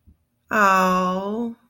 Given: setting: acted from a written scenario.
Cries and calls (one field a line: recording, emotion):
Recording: vocal sound without words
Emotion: adoration